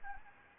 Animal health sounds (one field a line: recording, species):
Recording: mosquito wingbeat signal from an infrared sensor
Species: Anopheles gambiae